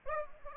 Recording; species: mosquito wingbeat signal from an infrared sensor; Aedes aegypti